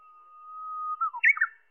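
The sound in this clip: Japanese bush warbler song: a long, steady whistle, then a quick flourish of slurred notes ending the phrase.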